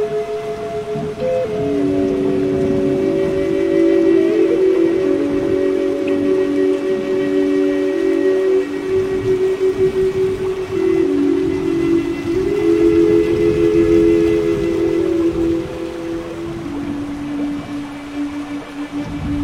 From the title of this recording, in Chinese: 美国原住民长笛放松音乐+雨声和大自然的声音